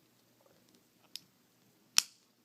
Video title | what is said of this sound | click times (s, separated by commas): Ruhof 4 - Flush in/out | Hear it click. | 2.0 s